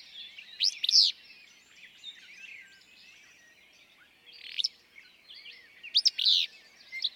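Willow flycatcher song: sharp, buzzy, sneezy high bursts a few times, with faint softer chirps between them.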